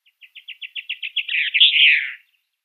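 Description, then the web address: Blue chaffinch song: a series of short repeated notes that run together into a louder, descending final flourish, about two seconds long, with a quiet background. "Schulze Peter Blue Chaffinch song"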